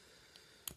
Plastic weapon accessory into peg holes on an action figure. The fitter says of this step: there as well underneath these weapons here so it clicks into place